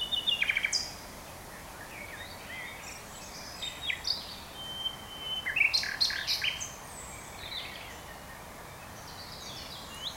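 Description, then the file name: Common nightingale song: bursts of high whistles, rapid trills and buzzy notes, separated by short pauses, over steady low background noise. "Luscinia megarhynchos"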